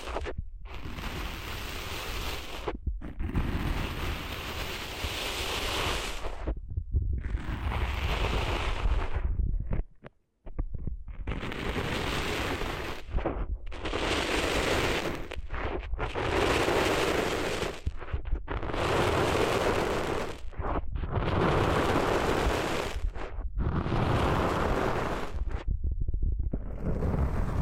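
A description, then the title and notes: Sand being cleaned out of ears comes through as loud, rough, crackling scrapes with a deep rumble underneath. The bursts last a second or two, separated by short silent breaks that fall into a fairly steady rhythm, with one fuller pause around ten seconds. ASMR Cleaning Sand Out of Your Ears (No Talking).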